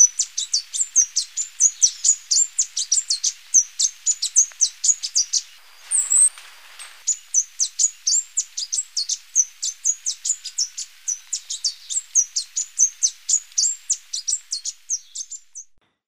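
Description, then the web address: Plushcap giving thin, very high chip notes in a rapid, steady series, about three a second, with a brief noisy burst partway through. Recorded in Ecuador. "Birds of Ecuador. Plushcap"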